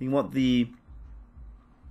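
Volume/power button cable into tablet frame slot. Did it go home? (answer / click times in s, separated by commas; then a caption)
no / none. Someone talks while handling the volume and power button flex cable of an HP Slate 7 1800 tablet, about to push it into a slot on the tablet's plastic frame so a square piece fits over its end. After the talking, only quiet low rumbling handling noise is heard. Nothing has seated or clicked yet.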